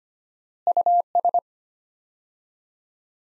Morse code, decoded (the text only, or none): US